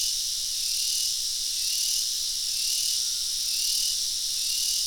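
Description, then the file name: Crickets and cicadas in a continuous shrill chorus, an unbroken high hiss with faint gentle pulsing, no other sounds standing out. Daytime summer chorus of cicadas and crickets recorded in Australia. "zapsplat animals insects cicada crickets summer day australia"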